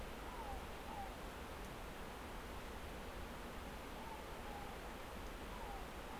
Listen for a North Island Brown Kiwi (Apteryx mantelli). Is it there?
no